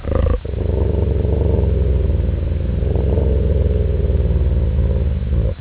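Dog growling: a deep, rough, sustained rumble with fast rattling pulses, holding steady for several seconds after a brief catch at the start.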